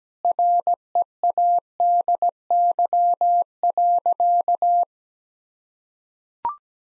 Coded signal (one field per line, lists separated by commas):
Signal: Morse code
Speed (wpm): 17 wpm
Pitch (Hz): 700 Hz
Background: none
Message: READY.